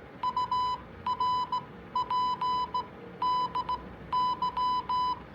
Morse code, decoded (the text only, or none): URPDY